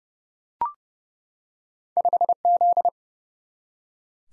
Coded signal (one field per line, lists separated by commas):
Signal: Morse code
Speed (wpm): 30 wpm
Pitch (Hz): 700 Hz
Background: none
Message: 5Z